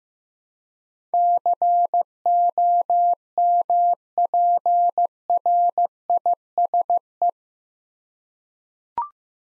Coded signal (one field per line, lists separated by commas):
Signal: Morse code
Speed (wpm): 15 wpm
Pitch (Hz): 700 Hz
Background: none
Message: COMPRISE